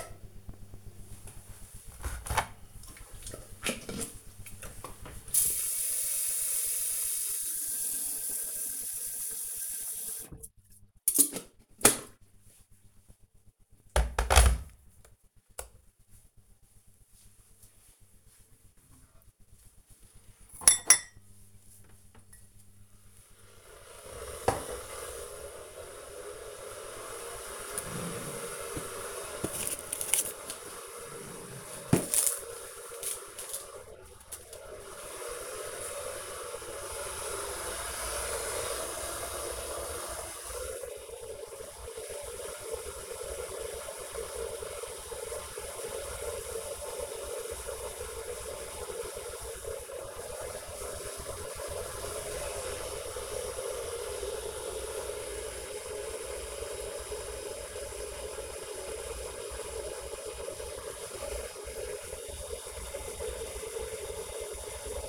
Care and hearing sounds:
household activities, microphone on the right wrist
1.05-65.09 s: making tea

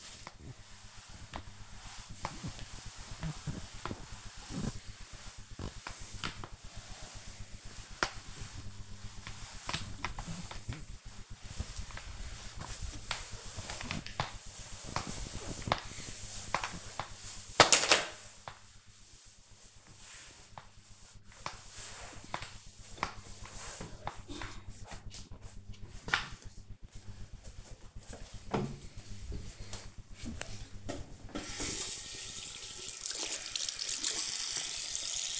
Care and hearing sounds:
household activities, microphone on the right wrist
0.00-25.88 s: floor cleaning
31.92-35.40 s: washing hands

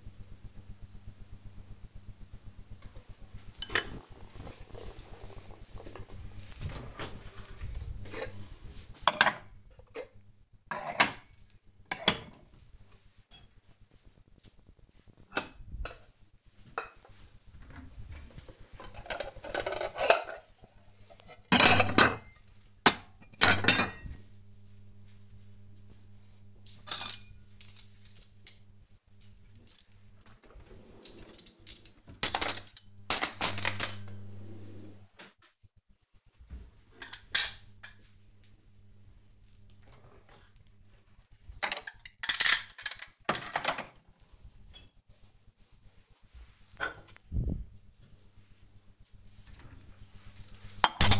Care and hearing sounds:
household activities, microphone on the right wrist
2.80-51.19 s: putting away the dishes

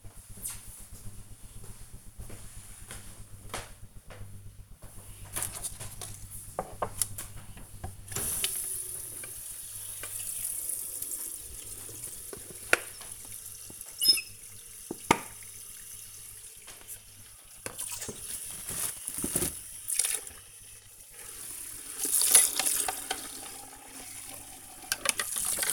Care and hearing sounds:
household activities, microphone on the right wrist
4.01-25.73 s: washing dishes

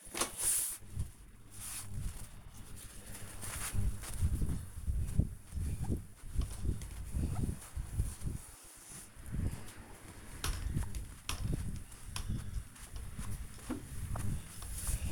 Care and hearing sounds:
household activities, microphone on the right wrist
0.00-15.12 s: window cleaning

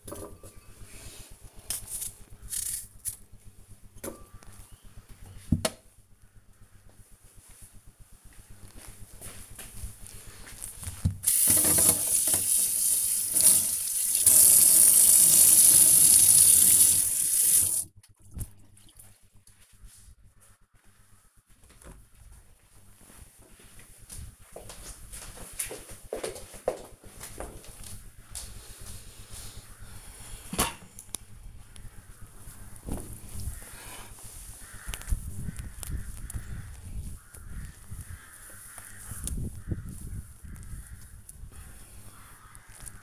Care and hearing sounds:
household activities, microphone on the right wrist
0.00-4.11 s: cutting vegetables
31.27-43.02 s: window cleaning

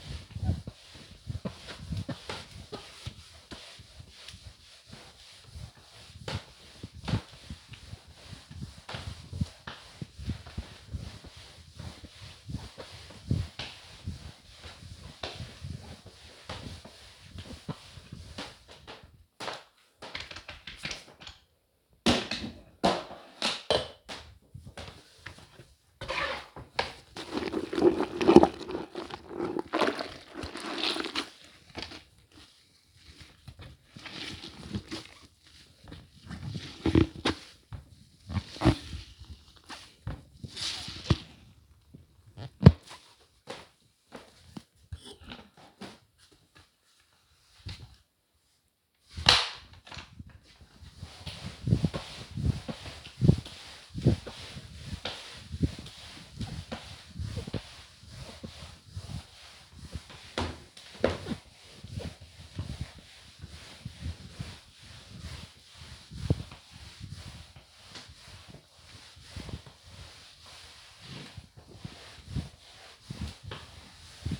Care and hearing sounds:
household activities, microphone on the right wrist
0.00-74.40 s: floor cleaning

